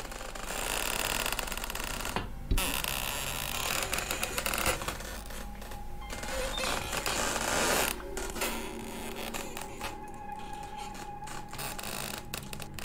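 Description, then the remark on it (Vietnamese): A coffin lid, gripped tightly by hand and pried, creaks and grinds as it is twisted open, a steady rasping, mechanical-sounding strain broken by brief pauses, continuing for several seconds with no talking. “Tôi nắm chặt cái nắp quan tài, bắt đầu vặn vẹo nó mà mở.”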